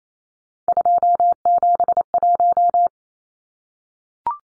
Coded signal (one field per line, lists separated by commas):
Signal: Morse code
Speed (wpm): 28 wpm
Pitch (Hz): 700 Hz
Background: none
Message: 271